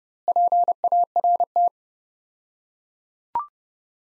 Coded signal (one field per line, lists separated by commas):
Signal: Morse code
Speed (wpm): 32 wpm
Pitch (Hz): 700 Hz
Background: none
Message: PART